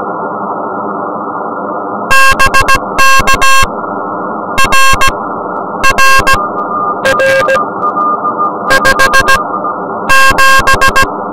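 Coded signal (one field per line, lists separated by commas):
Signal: Morse code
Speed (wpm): 17 wpm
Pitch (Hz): 1600 Hz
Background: music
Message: BK R R R 57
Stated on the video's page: CW sent from a mountain summit during a Summits On The Air activation.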